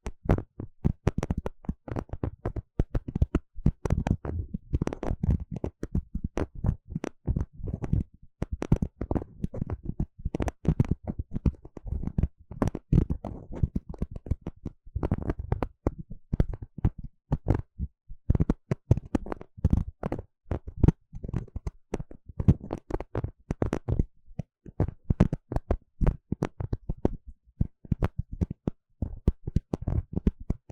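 Quick scratching and tapping sounds for tingles, a dense run of short clicks and scrapes that never stops for the full half-minute. The bursts are irregular, mostly low and thumpy with crisp bright tops, and briefly thin out around fifteen and twenty seconds.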